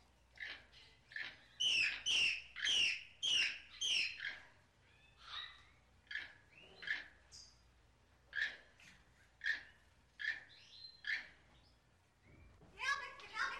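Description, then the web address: Parrot squawking: a burst of several loud, harsh squawks early on, followed by spaced, shorter screechy calls roughly once a second. "попугай"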